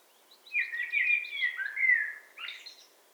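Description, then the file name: A single Eurasian blackbird phrase: smooth, mellow, whistled notes followed by a brief, high, squeaky twitter at the end. "Turdus merula"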